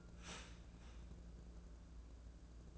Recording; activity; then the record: daily activity, microphone in the room; start toaster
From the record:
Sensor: 2